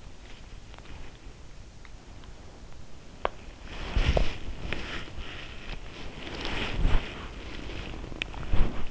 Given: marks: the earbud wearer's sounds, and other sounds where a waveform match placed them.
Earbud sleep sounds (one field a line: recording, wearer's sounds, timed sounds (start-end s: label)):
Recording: sounds in sleep by an in-ear microphone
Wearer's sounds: body movement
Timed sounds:
0.53-1.16 s: body movement
3.36-8.91 s: body movement